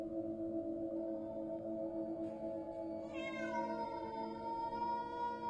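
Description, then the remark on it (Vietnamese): A black cat meows several times, with a long, drawn-out, wavering cry partway through, its pitch bending up and down over a steady, low droning hum that fills the whole recording. “Nó nhìn chăm chăm vào cái thây đang đứng sừng sững của Công, kêu lên vài tiếng.”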